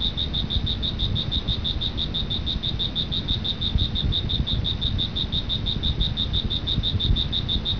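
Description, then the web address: Cricket sound: a high, fast and regular pulsed chirp continuing for the whole stretch, over steady low rumbling noise. "特酷声音素材库 动物 昆虫 蟋蟀"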